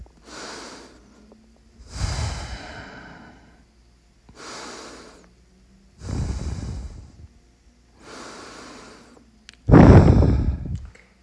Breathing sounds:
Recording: deep breathing after running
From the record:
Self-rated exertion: vigorous exertion (4 of 6)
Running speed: 7 miles an hour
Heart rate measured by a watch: 139 beats a minute at the start, 134 at the end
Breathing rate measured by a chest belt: 21 breaths a minute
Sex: male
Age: 31 years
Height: 178 cm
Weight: 72 kg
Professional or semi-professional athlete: no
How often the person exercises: 3 to 5 times a week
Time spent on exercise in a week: 2 to 3 hours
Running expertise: yes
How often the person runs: 3 to 5 times a week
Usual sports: running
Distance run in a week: 5 km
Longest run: 10 km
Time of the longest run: 65 minutes

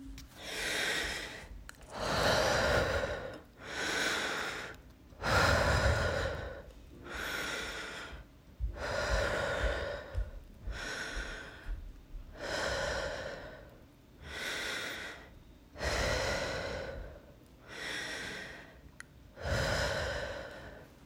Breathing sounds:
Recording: deep breathing after running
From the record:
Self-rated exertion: moderate exertion (3 of 6)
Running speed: 5 miles an hour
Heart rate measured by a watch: 82 beats a minute at the start, 117 at the end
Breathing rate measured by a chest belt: 19 breaths a minute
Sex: female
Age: 18 years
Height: 171 cm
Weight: 75 kg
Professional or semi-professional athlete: no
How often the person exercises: 1 to 2 times a week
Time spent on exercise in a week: under 1 hour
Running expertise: no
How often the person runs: 1 to 2 times a week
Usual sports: running, fencing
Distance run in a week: 3 km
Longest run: 21.3 km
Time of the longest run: 190 minutes

